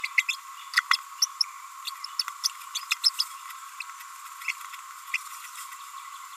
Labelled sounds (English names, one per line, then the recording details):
Green-rumped Parrotlet babbling
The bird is a female
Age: 29 days
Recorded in a nest box in Venezuela
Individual 17B42A4